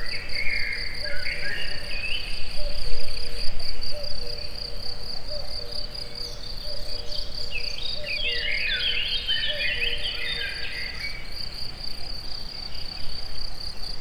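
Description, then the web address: Cricket keeps up a rapid high pulsing trill; birds add bursts of chattering song midway, over a strong low rumbling background. Recorded in nature at a forest edge near the Eger tourist house, amid assorted sounds. "allathangok termeszetben tucsok mindenfeleazerdoszelen egerturistahaz"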